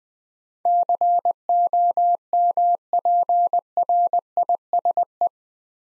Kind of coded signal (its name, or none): Morse code